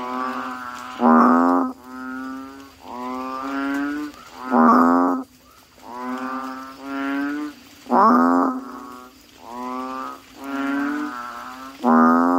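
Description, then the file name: Asian common toad calls: harmonic, nasal croaks in an irregular series, some notes much louder than others. "suara kodok bangkong"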